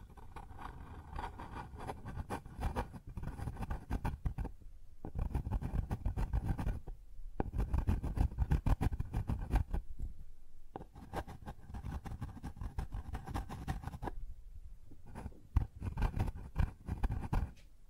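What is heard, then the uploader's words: Objects move and knock across a wooden surface in a dense, busy run of small taps, scrapes and rubbing. The activity comes in bursts with brief pauses near 5, 7, 10 and 14 seconds, mostly low and woody, with a few sharper knocks toward the end. ASMR Sounds on Wooden Surface (No Talking).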